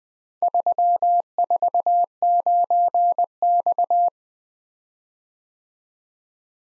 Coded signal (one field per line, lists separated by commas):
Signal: Morse code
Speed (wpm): 20 wpm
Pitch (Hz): 700 Hz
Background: none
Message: 349X